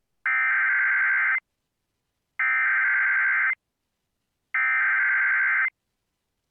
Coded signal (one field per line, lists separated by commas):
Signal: Emergency Alert System (SAME) tones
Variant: header bursts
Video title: EAS- Eastern Nevada Required Monthly Test (but toned as a CDW for some damn reason) on WJON-IP